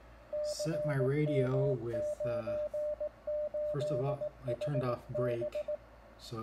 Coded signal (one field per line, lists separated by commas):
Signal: Morse code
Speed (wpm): 18 wpm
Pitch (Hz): 600 Hz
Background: speech, radio noise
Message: CM98HB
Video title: Arduino CW Beacon Proof of Concept for Foxhunting, Propagation Testing